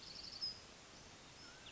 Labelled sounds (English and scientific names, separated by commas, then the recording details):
Mountain Quail (Oreortyx pictus)
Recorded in Sonoma County, California